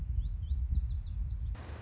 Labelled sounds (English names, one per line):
Lazuli Bunting